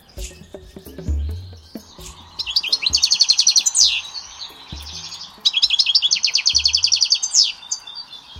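European goldfinch singing fast, twittering trills of high notes in two bursts, with a few soft low thumps.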